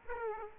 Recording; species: mosquito wingbeat signal from an infrared sensor; Aedes aegypti